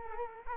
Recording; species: mosquito wingbeat signal from an infrared sensor; Culex quinquefasciatus